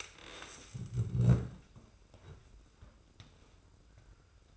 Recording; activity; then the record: daily activity, microphone in the room; stand up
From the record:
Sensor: 2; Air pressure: 990.5 hPa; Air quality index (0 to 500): 182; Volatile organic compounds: 1000 ppm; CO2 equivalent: 5805 ppm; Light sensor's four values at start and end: 23/54/22/22 and 26/59/25/25